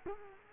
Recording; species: mosquito wingbeat signal from an infrared sensor; Culex quinquefasciatus